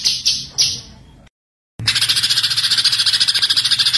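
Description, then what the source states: White-eye with a few sharp high notes, then after a pause a fast, steady, high-pitched twittering trill. Masteran tutor recording of white-eye song, gacor (continuous singing), full tembakan.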